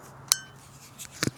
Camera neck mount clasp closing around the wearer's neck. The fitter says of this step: click it on over your neck,